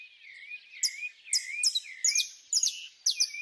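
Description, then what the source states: Birds singing: a low wavering whistle repeated over and over, with bright high chirps and trills breaking in about twice a second. Birds singing at dawn.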